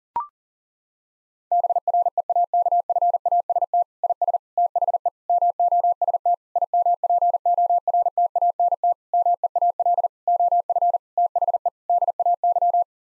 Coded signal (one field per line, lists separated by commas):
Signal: Morse code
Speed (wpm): 40 wpm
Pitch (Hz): 700 Hz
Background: none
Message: BREAKFAST IS THE MOST IMPORTANT MEAL OF THE DAY